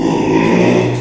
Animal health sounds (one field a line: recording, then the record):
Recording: squeal of a Yucatan mini pig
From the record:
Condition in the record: after surgery on the right vocal fold (resection and tissue-engineered implant)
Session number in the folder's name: 1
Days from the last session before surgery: 6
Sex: male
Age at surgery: 12 weeks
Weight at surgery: 13 kg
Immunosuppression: cyclosporine, prednisolone